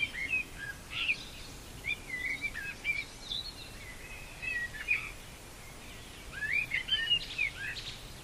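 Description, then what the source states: Common blackbird delivering scattered warbling phrases against a noisy background. Recorded at Bory in 2020.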